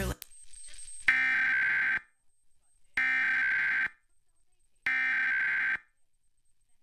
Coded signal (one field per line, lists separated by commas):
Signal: Emergency Alert System (SAME) tones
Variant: header bursts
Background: speech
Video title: National EAS Test [CBS 47 Atlanta]